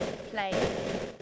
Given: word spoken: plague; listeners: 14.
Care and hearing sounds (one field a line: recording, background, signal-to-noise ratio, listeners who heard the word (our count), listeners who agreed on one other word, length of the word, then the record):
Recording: one English word in noise, from a listening test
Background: noise modulated by three-talker babble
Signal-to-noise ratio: -5.3 dB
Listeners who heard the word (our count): 1 of 14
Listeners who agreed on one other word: 7 of 14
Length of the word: 0.81 s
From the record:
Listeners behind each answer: 7, 5, 1, 1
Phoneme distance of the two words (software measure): 10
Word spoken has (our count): 1 syllable, 4 phonemes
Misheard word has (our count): 1 syllable, 4 phonemes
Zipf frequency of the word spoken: 3.73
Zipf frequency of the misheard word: 4.58